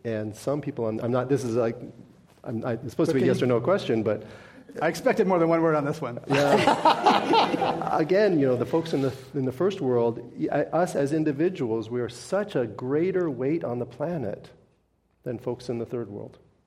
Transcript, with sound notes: and some people -- I’m not, this is like, like it’s supposed to be a yes or no question but --
I expected more than one word on this one.
[Laughter]
Yeah. Again, the folks in the first world, us as individuals we are such a greater weight on the planet than folks in the third world.